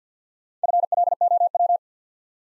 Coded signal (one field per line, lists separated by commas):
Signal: Morse code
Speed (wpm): 48 wpm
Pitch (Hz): 700 Hz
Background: none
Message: FLOW